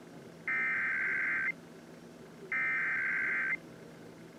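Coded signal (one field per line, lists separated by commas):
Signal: Emergency Alert System (SAME) tones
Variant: header bursts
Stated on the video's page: Oregon Required Monthly Test EAS alerts.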